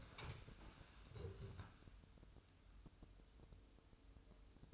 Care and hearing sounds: daily activity, microphone in the room; stand up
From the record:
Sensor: 2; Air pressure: 1005.0 hPa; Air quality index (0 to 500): 98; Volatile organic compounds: 2 ppm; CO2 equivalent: 1186 ppm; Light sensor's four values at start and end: 7/16/7/7 and 7/17/7/7

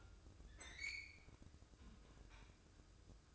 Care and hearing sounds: daily activity, microphone in the room; open fridge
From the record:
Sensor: 2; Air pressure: 995.2 hPa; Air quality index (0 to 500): 64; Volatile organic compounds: 2 ppm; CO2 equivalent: 1091 ppm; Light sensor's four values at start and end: 15/51/19/18 and 16/51/20/19

